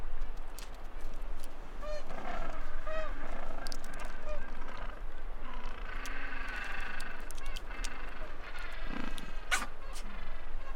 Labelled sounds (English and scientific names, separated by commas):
Gentoo Penguin (Pygoscelis papua) call